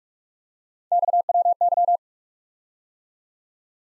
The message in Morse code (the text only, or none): XWY